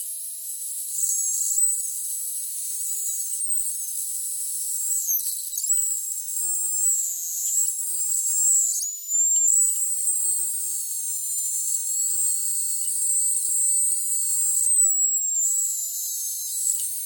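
High, thin whistling oscillations squeal from the cap of a thawing vodka bottle, wavering and sliding in pitch continuously across the whole clip. The tones stay very bright with nothing low underneath, apart from a few faint soft taps scattered throughout.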